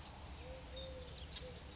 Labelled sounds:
Eurasian Collared Dove (Streptopelia decaocto)
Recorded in Sonoma County, California

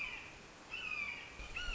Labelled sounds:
Red-shouldered Hawk (Buteo lineatus)
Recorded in Sonoma County, California

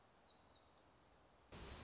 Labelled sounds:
Black-throated Gray Warbler (Setophaga nigrescens)
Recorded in Sonoma County, California

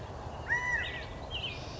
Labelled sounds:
California Quail (Callipepla californica)
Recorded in Sonoma County, California

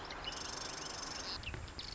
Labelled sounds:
Marsh Wren (Cistothorus palustris)
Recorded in Sonoma County, California

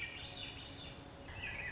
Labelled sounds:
Swainson's Thrush (Catharus ustulatus)
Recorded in Sonoma County, California

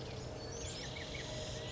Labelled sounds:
California Quail (Callipepla californica)
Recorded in Sonoma County, California

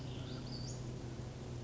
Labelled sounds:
Western Flycatcher (Empidonax difficilis)
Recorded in Sonoma County, California

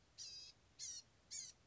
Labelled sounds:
Blue-gray Gnatcatcher (Polioptila caerulea)
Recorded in Sonoma County, California

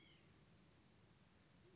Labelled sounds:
White-breasted Nuthatch (Sitta carolinensis)
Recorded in Sonoma County, California

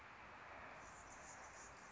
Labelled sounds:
Anna's Hummingbird (Calypte anna)
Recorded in Sonoma County, California

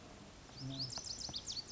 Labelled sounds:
Lazuli Bunting (Passerina amoena)
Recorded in Sonoma County, California

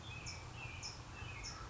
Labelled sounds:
American Robin (Turdus migratorius)
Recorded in Sonoma County, California

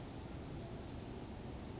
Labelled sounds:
Chestnut-backed Chickadee (Poecile rufescens)
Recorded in Sonoma County, California

